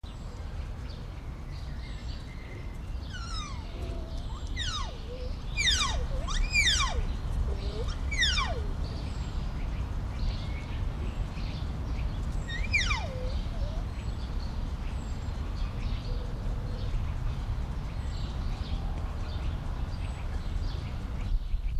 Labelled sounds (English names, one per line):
Malayan Tapir call